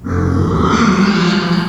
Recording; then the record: squeal of a Yucatan mini pig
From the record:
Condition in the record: after surgery on the right vocal fold (resection and tissue-engineered implant); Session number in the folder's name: 15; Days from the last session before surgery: 175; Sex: female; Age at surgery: 19 weeks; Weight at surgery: 25 kg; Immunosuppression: prednisolone